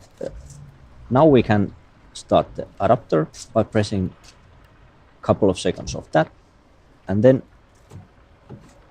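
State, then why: Not seated. A CCS-CHAdeMO charging adapter plug in an EV charging inlet is being handled while someone talks about starting the adapter by holding its button for a couple of seconds. Two brief handling knocks come near 0.3 s and 0.5 s. Nothing has seated or clicked yet.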